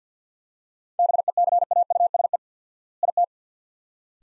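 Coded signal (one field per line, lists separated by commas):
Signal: Morse code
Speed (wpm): 50 wpm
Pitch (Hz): 700 Hz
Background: none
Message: BECAUSE IT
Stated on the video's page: Morse practice drill of two-word sets at 50 wpm with 4x word spacing, a Farnsworth-like method applied to words.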